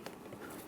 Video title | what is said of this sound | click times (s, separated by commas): How to Replace Headlight Assemblies 2003-2009 Dodge Ram 2500 HD | was a silent click, but I heard it, and don't forget to lock it down. | 0.1 s